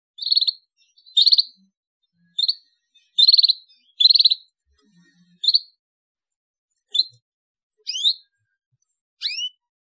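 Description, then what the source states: Atlantic canary song: short, bright trilled bursts repeated at uneven intervals, then a couple of quick upward-sweeping whistles toward the end; no other sounds stand out. Used as a lure to attract birds.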